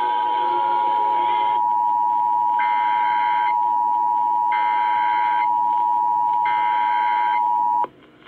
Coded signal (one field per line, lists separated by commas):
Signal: Emergency Alert System (SAME) tones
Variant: 853 and 960 Hz attention tone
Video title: Mississippi Required monthly test on WKOZ and Comcast Cap live